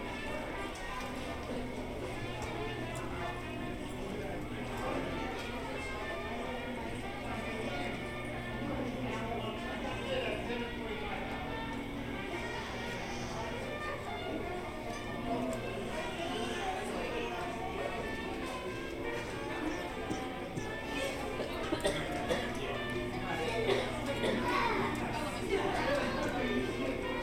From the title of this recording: Port Orleans Riverside Binaural Hotel Lobby Ambience